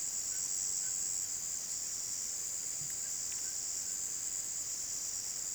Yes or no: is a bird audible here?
no